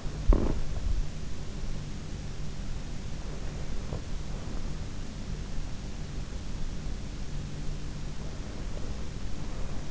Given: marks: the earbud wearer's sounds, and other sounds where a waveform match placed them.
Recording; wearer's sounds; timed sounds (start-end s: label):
sounds in sleep by an in-ear microphone; teeth grinding
0.00-1.46 s: teeth grinding